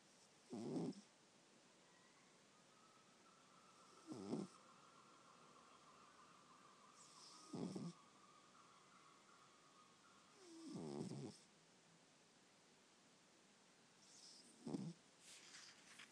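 A cat snoring, with short, low-pitched snores recurring every few seconds.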